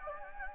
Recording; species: mosquito wingbeat signal from an infrared sensor; Anopheles gambiae